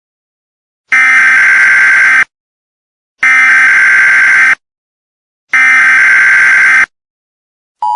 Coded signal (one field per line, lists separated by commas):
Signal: Emergency Alert System (SAME) tones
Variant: header bursts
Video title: THE CREATURE EAS SCENARIO REMASTERED FULL SCENARIO